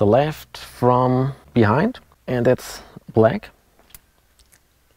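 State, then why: Seated. While wiring an LED daytime running light and fog lamp kit on a Suzuki Jimny GJ, the black wire's crimped pin is pushed from behind into the plastic connector housing. Someone talks for the first few seconds, then, in the quiet that follows, faint ticks lead to a sharp click at 4.0 s as the pin locks into place, followed by a few softer clicks.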